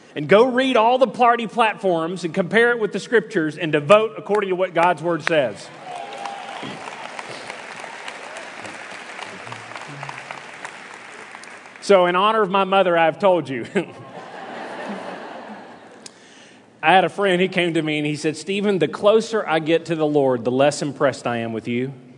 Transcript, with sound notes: and go read all the party platforms, and compare them to the Scriptures, and to vote according to what God’s Word says.” (applause) So, in honor of my mother, I’ve told you. I have a friend who came to me and said, “Stephen, the closer I get to the Lord, the less impressed I am with you!”